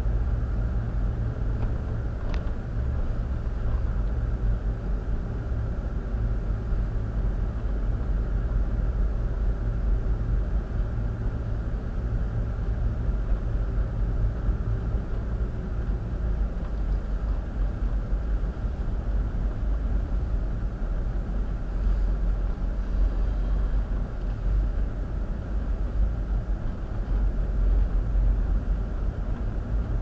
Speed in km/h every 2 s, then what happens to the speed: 19, 19, 19, 18, 19, 18, 19, 18, 16, 16, 16, 16, 18, 15, 18.
0-30 steady at about 18.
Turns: none.